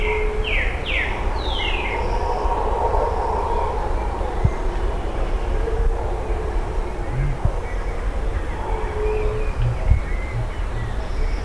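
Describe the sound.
Bird calls: three falling whistled sweeps at the start, then sparse faint chirps beneath persistent low rumbling noise.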